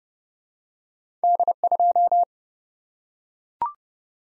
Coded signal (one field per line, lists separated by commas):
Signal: Morse code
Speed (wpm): 30 wpm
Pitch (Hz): 700 Hz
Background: none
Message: D2